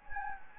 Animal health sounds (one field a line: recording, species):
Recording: mosquito wingbeat signal from an infrared sensor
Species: Anopheles gambiae